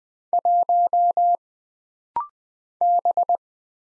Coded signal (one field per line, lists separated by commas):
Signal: Morse code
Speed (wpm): 20 wpm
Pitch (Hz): 700 Hz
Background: none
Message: 1 B